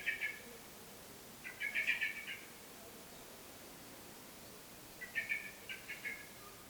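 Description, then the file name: Common blackbird chattering call: three faint bursts of rapid, harsh clucking notes, with pauses between them, over a quiet hiss. "Turdus merula"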